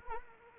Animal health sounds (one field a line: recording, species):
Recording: mosquito wingbeat signal from an infrared sensor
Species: Anopheles arabiensis